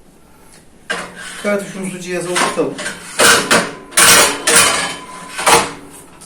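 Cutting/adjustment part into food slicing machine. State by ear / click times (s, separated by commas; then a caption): seated / 4.5 s, 5.5 s. A metal part, most likely the thickness-setting or cutting-grid piece for the 10 mm step, is fitted into a BD 30 block food slicing machine used for slicing kashar cheese into 10 mm cubes. Someone talks, then two sharp metallic knocks ring out at 4.5 s and 5.5 s as the part seats in place.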